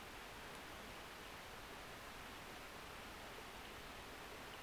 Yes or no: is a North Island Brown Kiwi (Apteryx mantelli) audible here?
no